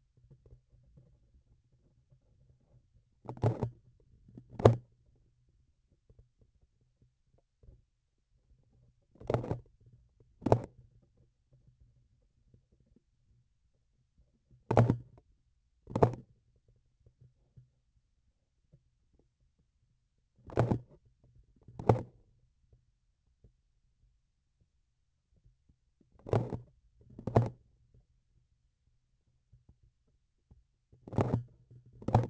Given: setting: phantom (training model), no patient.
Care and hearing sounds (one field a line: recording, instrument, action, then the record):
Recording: laparoscopic instrument, vibration sensor on the handle end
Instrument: grasping forceps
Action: opening and closing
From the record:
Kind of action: tool actuation without material contact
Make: other than Olympus